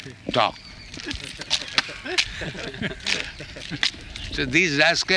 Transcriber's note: laughter